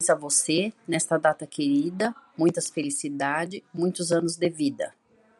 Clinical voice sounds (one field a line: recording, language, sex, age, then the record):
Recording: short text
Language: Brazilian Portuguese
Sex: female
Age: 50 to 59 years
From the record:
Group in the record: control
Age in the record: 57 years